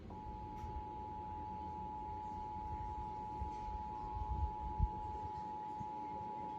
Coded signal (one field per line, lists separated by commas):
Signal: Emergency Alert System (SAME) tones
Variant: 853 and 960 Hz attention tone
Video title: February 2024 Texas Required Monthly Test (EAS #552-560)